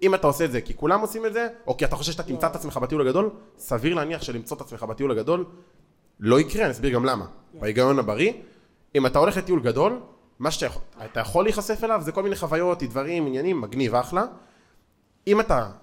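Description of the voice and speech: One adult man speaks fluent, clearly articulated Hebrew in steady phrases with natural pauses; ordinary speech.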